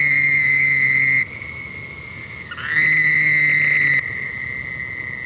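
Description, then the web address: Toad trill: a loud steady high trill stops after about a second, then another rises in midway, holds for over a second and stops, over a steady background trill. "Bufonidae"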